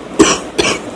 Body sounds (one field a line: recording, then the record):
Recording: coughing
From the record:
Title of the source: 31 night wet cough